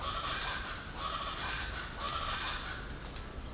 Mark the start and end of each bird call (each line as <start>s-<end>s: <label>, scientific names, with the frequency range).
0.00s-2.77s: Ortalis guttata (0.6-8.3 kHz)